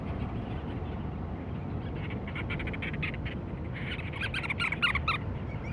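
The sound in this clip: Cape Verde storm petrel with soft pulsed chatter, then a louder harsh, buzzy burst with ringing overtones toward the end, over constant low noise.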